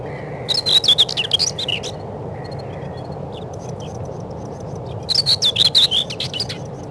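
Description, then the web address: Common whitethroat singing two brisk, scratchy warbling phrases several seconds apart, with soft thin calls between them and a low constant rumble underneath. Spring. "vremena vesna slavka seraja"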